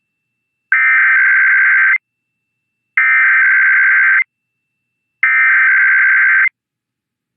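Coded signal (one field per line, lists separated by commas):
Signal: Emergency Alert System (SAME) tones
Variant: header bursts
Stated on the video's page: IPAWS required weekly tests.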